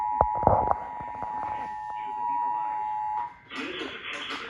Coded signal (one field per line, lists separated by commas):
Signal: Emergency Alert System (SAME) tones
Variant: 853 and 960 Hz attention tone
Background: speech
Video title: Return of the EAS Count…EAS Alerts From March 7-8, 2024 (NEW EAS #1-39)